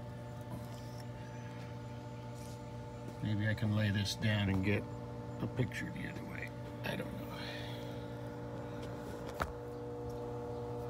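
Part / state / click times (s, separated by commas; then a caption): check valve fitting pushed onto the plastic water tube at the RV pump / seated / 9.4 s. An RV water pump check valve fitting is pushed onto its plastic water tube, past the o-ring, at the pump while someone talks over a steady low hum. A short, sharp click at 9.4 s marks the push-fit coupling snapping home, and the fitting is seated.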